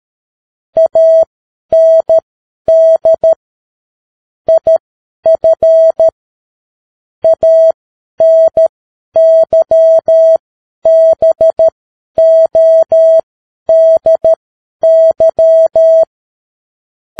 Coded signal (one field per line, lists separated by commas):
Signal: Morse code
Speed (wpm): 13 wpm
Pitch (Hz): 650 Hz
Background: none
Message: AND IF ANYBODY